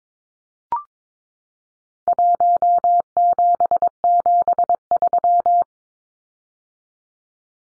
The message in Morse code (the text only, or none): 1773